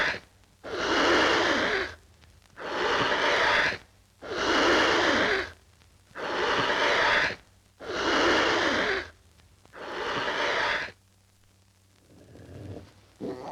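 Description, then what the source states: Tiger hissing in long, breathy bursts, about six hisses spaced roughly every two seconds, each steady and airy, followed by a quieter pause. Hissing and growling.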